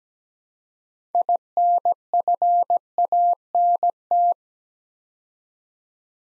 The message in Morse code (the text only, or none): INFANT